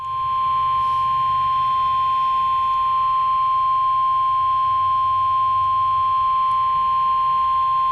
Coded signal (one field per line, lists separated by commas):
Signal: Emergency Alert System (SAME) tones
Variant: 1050 Hz attention tone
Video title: EAS #4 - Severe Thunderstorm Warning Marshall, DeKalb